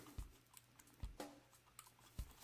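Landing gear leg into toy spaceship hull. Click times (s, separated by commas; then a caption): 1.8 s. Plastic landing gear legs on a Star Wars Micro Machines Action Fleet A-Wing toy spaceship are pushed back into their bays in the hull, with soft low thumps and small plastic ticks throughout. A sharp click at 1.8 s marks a leg seating in its stowed position, where it stays in without wiggling loose.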